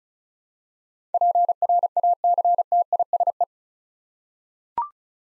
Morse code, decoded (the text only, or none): PRACTISE